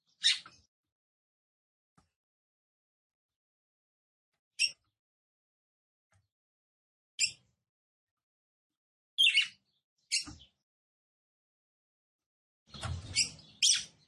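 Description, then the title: Red-cowled cardinal calls: single sharp, high chip notes at irregular intervals, ending with a quick cluster of three chips over a soft low rustle. Female song, described as fiery and nervous, said to heat up and excite a male quickly. "CANTO DA FÊ MEA GALO CAMPINA FOGOSA LEVANTA FOGOESQUENTA GALO CAMPINA MACHO RAPIDINHO FÊ MEA NERVOSA"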